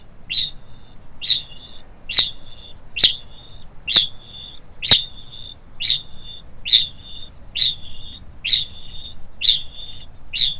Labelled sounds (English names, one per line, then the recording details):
Kākāpō ching call
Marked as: faintness 2/5
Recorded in New Zealand
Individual Stumpy